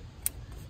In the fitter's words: until you hear the click.